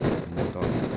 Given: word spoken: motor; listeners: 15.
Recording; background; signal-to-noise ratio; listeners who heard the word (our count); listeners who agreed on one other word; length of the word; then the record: one Spanish word in noise, from a listening test; noise modulated by three-talker babble; -7.8 dB; 1 of 15; 10 of 15; 0.57 s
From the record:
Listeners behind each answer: 10, 1, 1, 1, 1, 1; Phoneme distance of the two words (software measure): 17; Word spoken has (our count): 2 syllables, 5 phonemes, stress on syllable 2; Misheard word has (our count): 2 syllables, 6 phonemes, stress on syllable 2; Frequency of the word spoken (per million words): 36.15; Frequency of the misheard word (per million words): 17.39